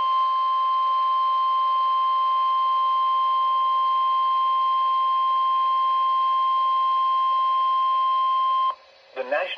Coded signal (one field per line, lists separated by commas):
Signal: Emergency Alert System (SAME) tones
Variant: 1050 Hz attention tone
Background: speech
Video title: NOAA Weather Radio - Special Marine Warning [EAS #126] (4/16/22)